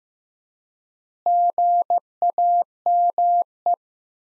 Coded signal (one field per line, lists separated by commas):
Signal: Morse code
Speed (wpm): 16 wpm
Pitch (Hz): 700 Hz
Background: none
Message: GAME